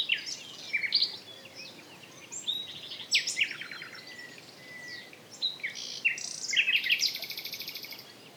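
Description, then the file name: Common nightingale song of short varied phrases: whistles, rapid buzzy trills and chattering notes, separated by brief pauses. "Luscinia megarhynchos"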